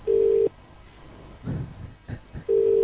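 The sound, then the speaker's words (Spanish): A telephone ringback tone on an outgoing call from Spain to a man in England: a steady, low-pitched electronic tone sounds in a short burst, then after a pause of about two seconds with only faint rustling, the same tone returns. “Ya está, estamos llamando, a un señor.”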